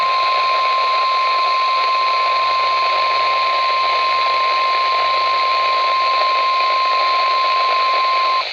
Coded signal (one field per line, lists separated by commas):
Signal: Emergency Alert System (SAME) tones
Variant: 1050 Hz attention tone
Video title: 8 NOAA Required Weekly Tests || 3/13/24 (EAS #2,389-2,396)